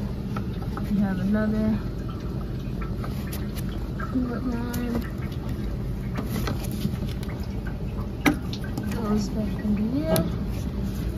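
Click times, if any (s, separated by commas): 8.3 s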